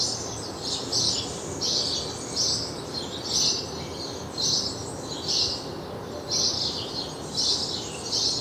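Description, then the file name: House sparrow calling with single chirps spaced roughly once a second, steady hiss underneath. "Passer domesticus"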